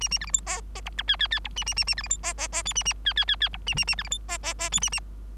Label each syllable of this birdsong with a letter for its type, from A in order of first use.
A A B C D E E F G H H H F A A A A B C D E E E I A A H H H H F A A A B C D E E E I A A